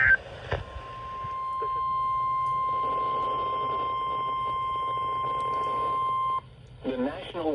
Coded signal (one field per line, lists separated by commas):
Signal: Emergency Alert System (SAME) tones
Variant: 1050 Hz attention tone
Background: speech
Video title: JUNE MADNESS 3: ENHANCED CHAOS || EAS Alerts from 6/17/22 || EAS 257-280